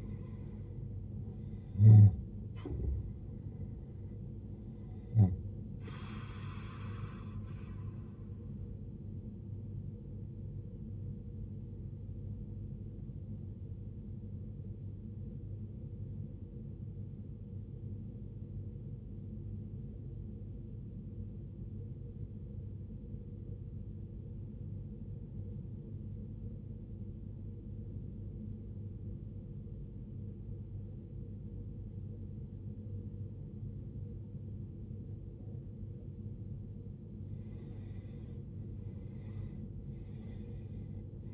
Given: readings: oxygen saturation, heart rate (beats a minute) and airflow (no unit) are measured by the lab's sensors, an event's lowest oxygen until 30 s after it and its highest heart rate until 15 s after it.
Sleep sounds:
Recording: breathing in sleep by a smartphone at the bedside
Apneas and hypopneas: 1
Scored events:
5.00-36.30 s: obstructive apnea (N2, oxygen 93% highest, then 83% lowest, heart rate 66 at the start, 76 highest)
38.00-41.34 s: new sleep stage, N1 (lightest sleep)
From the record:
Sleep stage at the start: N2 (light sleep)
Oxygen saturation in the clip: 78 to 93%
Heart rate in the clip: 48 to 73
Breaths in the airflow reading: 3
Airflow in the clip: -16.4 to 17.5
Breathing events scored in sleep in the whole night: 389 in 6.3 hours asleep

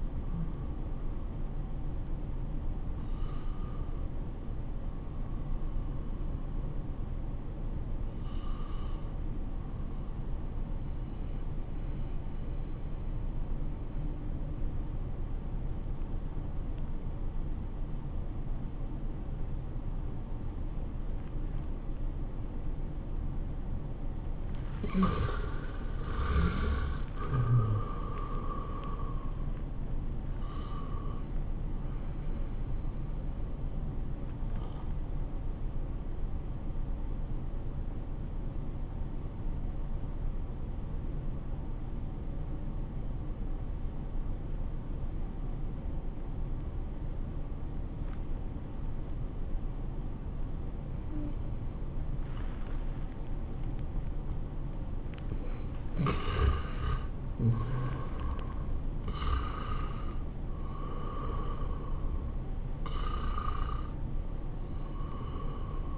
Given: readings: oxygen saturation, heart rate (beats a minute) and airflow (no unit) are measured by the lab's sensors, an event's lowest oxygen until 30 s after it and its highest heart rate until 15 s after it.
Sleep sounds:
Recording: breathing in sleep by a smartphone at the bedside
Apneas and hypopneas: 2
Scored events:
9.00-24.30 s: hypopnea (N1, oxygen 96% highest, then 88% lowest, heart rate 87 at the start, 91 highest)
39.00-55.50 s: obstructive apnea (N1, oxygen 95% highest, then 86% lowest, heart rate 77 at the start, 93 highest)
From the record:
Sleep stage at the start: N1 (lightest sleep)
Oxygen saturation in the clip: 83 to 97%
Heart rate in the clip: 77 to 93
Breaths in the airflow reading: 8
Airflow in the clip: -13.2 to 10.5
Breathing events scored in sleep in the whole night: 403 in 5.5 hours asleep

